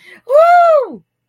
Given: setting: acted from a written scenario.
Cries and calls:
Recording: vocal sound without words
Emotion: triumph

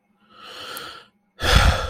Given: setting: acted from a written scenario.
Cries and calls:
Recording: vocal sound without words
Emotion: guilt

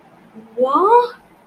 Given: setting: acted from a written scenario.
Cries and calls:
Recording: vocal sound without words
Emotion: contempt

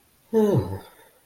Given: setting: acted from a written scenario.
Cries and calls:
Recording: vocal sound without words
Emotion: neutral

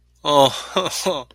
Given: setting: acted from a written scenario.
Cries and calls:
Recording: vocal sound without words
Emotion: sadness

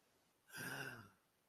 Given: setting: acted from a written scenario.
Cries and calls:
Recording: vocal sound without words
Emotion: negative surprise

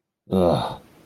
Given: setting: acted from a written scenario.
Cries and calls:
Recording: vocal sound without words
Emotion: disgust

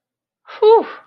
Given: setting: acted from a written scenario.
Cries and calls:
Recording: vocal sound without words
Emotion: awe

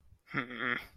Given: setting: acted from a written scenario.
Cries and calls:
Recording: vocal sound without words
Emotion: anger

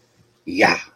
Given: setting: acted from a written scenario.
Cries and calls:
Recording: vocal sound without words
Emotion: triumph

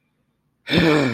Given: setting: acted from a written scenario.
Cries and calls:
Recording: vocal sound without words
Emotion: anger

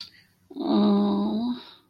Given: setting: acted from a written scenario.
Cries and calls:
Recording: vocal sound without words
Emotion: guilt

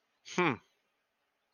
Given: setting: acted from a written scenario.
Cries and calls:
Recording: vocal sound without words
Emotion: neutral

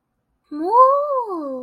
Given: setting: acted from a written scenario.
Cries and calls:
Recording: vocal sound without words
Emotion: interest

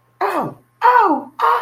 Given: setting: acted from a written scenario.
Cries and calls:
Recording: vocal sound without words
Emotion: pain

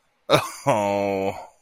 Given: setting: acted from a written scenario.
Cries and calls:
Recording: vocal sound without words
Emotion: embarrassment

